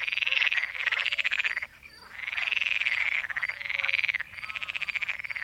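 Pool frog croaking, several long rattling pulsed bursts with brief gaps between them.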